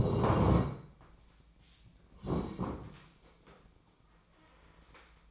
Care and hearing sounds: daily activity, microphone in the room; sit down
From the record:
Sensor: 1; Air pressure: 1012.3 hPa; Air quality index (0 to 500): 172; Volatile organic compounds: 3 ppm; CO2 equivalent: 1413 ppm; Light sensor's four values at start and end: 45/121/49/60 and 45/121/49/60

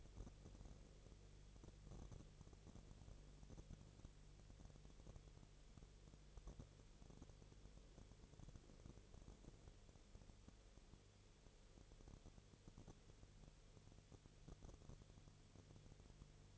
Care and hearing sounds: daily activity, microphone in the room; no activity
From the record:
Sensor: 4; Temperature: 22.4 degrees Celsius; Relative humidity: 30.9%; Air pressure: 1004.1 hPa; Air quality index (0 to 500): 87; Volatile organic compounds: 1 ppm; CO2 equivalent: 783 ppm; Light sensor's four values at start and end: 2/3/1/1 and 2/3/1/1

